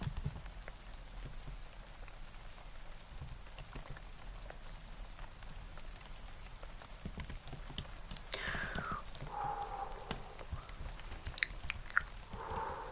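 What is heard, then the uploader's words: Rain patters steadily on a surface throughout, a dense hiss with scattered drops and low rumbling underneath. After about eight seconds, brighter whispery mouth sounds and soft clicks come in, repeating irregularly over the rain until the end. ASMR Hand Movements + Layered Sounds (TkTk, Rain Sounds, Keyboard Typing).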